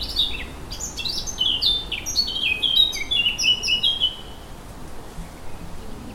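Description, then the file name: Eurasian blackcap song: a fast, rich warble of bright notes, many sliding downward, running for about four seconds before fading into quiet background hiss. "Sylvia atricapilla"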